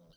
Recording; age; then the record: pig call; piglet (1 to 25 days)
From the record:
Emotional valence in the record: positive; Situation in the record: short reunion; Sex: male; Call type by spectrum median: low-frequency call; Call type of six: mixed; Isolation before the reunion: 3 minutes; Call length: 0.17 s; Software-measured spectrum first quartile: 228 Hz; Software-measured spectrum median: 615 Hz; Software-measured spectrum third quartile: 3386 Hz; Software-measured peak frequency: 165 Hz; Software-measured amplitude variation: 102 dB a second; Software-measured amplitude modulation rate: 17.9 a second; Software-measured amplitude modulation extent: 5.7 dB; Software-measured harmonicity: 3.0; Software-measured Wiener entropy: -3.48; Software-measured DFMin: 1311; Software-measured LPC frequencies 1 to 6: 527, 1445, 3060, 4029, 4625, 5591 Hz